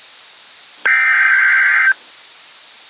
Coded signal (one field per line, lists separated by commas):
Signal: Emergency Alert System (SAME) tones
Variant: header bursts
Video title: EAS Mock - Miami Hurricane